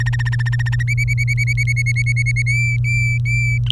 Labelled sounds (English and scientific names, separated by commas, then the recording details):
Domestic Canary (Serinus canaria) song
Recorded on 23 April 2018 at 15:35
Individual llb3